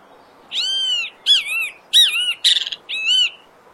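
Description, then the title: Great kiskadee in a string of five strong, nasal, arched notes, one a buzzy rattle. Wild, singing in nature, Brazil. "O CANTO DO BEM TE VI NA NATUREZA Aves Do Brasil"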